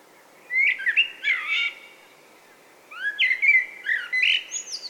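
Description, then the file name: Common blackbird song: two fluted, warbling whistled phrases with thin, high squeaky notes, separated by about a second of quiet. "Turdus merula"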